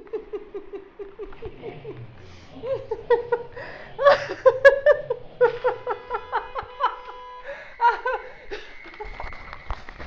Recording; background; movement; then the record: laughter; traffic; walking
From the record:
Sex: female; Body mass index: 21.8 kg/m2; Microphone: on the chest, facing outward